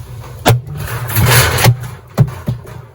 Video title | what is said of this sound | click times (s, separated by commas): No Frost Type na Refrigerator ayaw lumamig ang baba, bakit kaya - Lakwatsero Official | Hindi yung sinira ha. Pinukpo ko lang para mailak. Ayaw mag-lock eh. | none